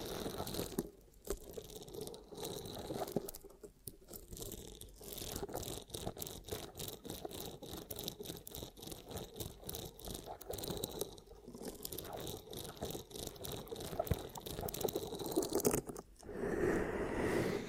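Ear cupping ASMR sounds, a dense run of soft crunching, rubbing pulses repeating rapidly throughout, with brief quieter gaps near one, three and sixteen seconds.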